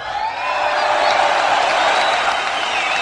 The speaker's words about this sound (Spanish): ¿Vamos a la ovación? Vamos.